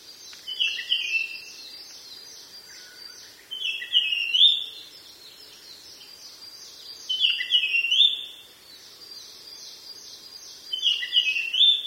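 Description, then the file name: Japanese grosbeak repeating its brief whistled song phrase four times at steady intervals of about three and a half seconds. "ikaru"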